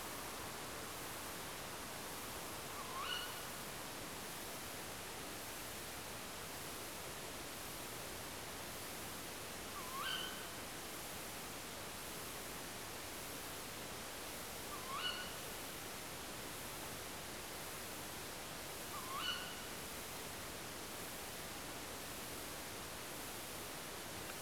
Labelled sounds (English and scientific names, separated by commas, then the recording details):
Tawny Owl (Strix aluco)
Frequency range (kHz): Tawny Owl (Strix aluco) 0.9-5.0 kHz
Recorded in France